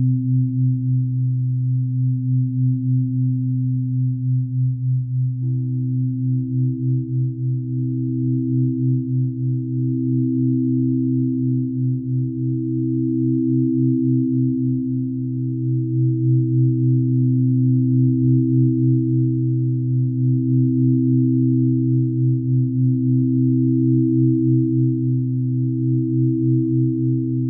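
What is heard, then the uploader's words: Singing bowls hum in a steady, low, sustained drone that fills the whole stretch without pause. The tones pulse and beat gently as overlapping pitches waver against each other, with a slight shift in the blend around five seconds. Nothing bright or sharp intrudes. Immersive de-stressing soundscape singing bowls.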